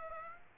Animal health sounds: mosquito wingbeat signal from an infrared sensor; Aedes aegypti

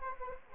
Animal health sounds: mosquito wingbeat signal from an infrared sensor; Anopheles arabiensis

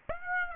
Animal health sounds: mosquito wingbeat signal from an infrared sensor; Aedes aegypti

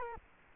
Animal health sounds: mosquito wingbeat signal from an infrared sensor; Culex quinquefasciatus

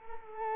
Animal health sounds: mosquito wingbeat signal from an infrared sensor; Culex quinquefasciatus

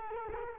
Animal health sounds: mosquito wingbeat signal from an infrared sensor; Culex quinquefasciatus

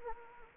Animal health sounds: mosquito wingbeat signal from an infrared sensor; Anopheles gambiae

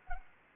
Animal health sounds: mosquito wingbeat signal from an infrared sensor; Anopheles arabiensis

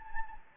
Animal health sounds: mosquito wingbeat signal from an infrared sensor; Anopheles gambiae

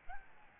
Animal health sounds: mosquito wingbeat signal from an infrared sensor; Aedes albopictus

